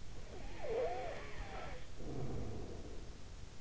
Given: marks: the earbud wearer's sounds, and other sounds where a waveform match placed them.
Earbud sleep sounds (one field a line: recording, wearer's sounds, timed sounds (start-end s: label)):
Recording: sounds in sleep by an in-ear microphone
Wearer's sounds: snoring breath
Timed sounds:
0.39-3.61 s: snoring breath